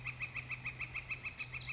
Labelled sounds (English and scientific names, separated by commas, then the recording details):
Northern Flicker (Colaptes auratus)
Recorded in Sonoma County, California